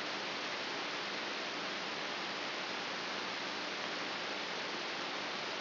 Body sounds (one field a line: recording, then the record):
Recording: brain microelectrode recording played as sound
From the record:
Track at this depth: outside the subthalamic nucleus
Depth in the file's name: 5.22 mm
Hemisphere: left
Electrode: 3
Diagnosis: Parkinson's disease